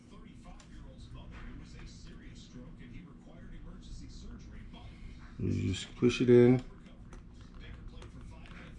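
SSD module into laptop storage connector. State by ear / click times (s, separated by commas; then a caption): not seated / none. An SSD module is pushed by hand into the storage connector of a MacBook Air laptop while someone talks over a steady low background hum. A few faint taps are heard, and a louder burst of sound comes around 5.4 to 6.6 seconds. The clip ends before the module goes home, so nothing has seated or clicked yet.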